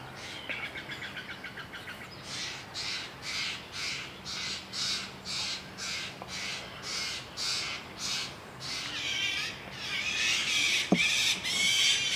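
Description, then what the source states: Steller's jay mobbing calls: a soft buzzy start, then steady harsh rasps near two per second, becoming louder and more clamorous at the end. Mobbing calls, northwestern California.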